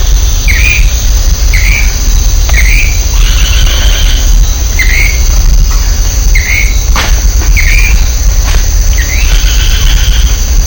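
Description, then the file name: Golden-crowned manakin repeating a brief rising note seven times, every second or two, against a constant shrill insect chorus and low background noise. "canto do dancador de coroa dourada"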